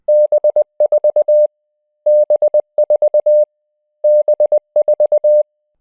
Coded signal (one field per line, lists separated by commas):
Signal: Morse code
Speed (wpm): 24 wpm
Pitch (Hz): 600 Hz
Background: none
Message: B4 B4 B4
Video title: B4 - Learn Morse Code